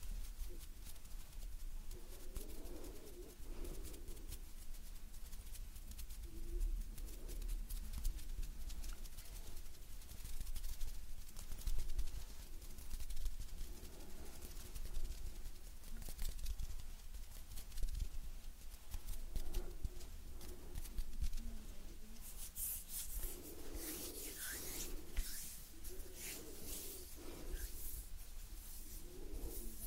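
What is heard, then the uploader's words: Gentle hand sounds and soft movements run through the whole clip, a steady bed of faint rustling and brushing. Low, breathy pulses recur every few seconds, and after about 22 seconds brighter, crisper rubbing and scratching swells in. Gentle Hand Sounds Movements & Breathing.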